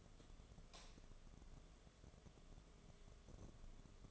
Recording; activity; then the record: daily activity, microphone in the room; light on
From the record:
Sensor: 4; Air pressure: 1011.1 hPa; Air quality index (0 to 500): 146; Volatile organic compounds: 3 ppm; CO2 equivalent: 1495 ppm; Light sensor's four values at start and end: 151/393/167/173 and 151/394/166/173